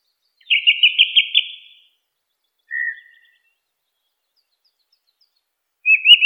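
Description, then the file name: Song thrush song: a rapid repeated note series, then a single short whistle, and after a pause another quick repeated phrase, against silence. "suara-kicauan-burung-song-thrush -omkicau"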